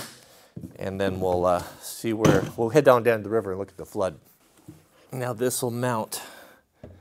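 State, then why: Seated. Someone talks for most of the clip while a plastic Pelican survival case is pushed onto its motorcycle mounting bracket. A short, sharp hit at 6.8 s marks the case snapping into the mount, seated.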